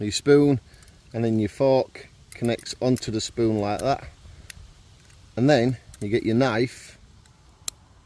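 Someone talks while a plastic or metal camping knife is clipped onto a nested spoon and fork camping cutlery set. A single sharp click sounds at 7.7 s as the knife seats into place on the set.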